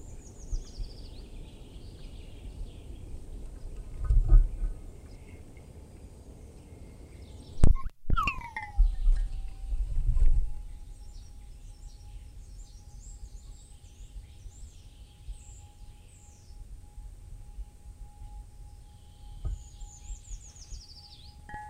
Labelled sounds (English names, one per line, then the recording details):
Eurasian Treecreeper song
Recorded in the wild
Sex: diverse
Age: adult
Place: Freiburg, Baden-Württemberg, DE
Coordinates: 48.0333, 7.82472
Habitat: Schonung
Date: 1960-03-25
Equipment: Maihak MMK 4, Sennheiser MD 82
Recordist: Thielcke, Gerhard